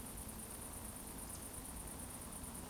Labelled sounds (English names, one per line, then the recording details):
Eurasian Woodcock whistle
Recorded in Baden-Württemberg, Germany, on 25 June 2020 at 20:28 UTC
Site 14569, 102 m above sea level